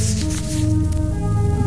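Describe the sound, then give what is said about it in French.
Soft crinkling and rubbing of rolling paper being handled, a brief papery rustle over a steady, low, droning tonal background. “Le papier.”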